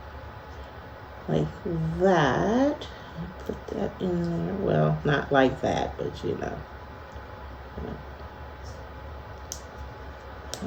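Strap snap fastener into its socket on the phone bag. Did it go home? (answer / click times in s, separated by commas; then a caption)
yes / 9.5 s, 10.5 s. Someone talks while a metal snap fastener on the strap end of a sewn phone bag is pressed closed onto its mating half in the bag's socket. Sharp clicks are heard at 9.5 s and 10.5 s as the snap seats and clicks shut.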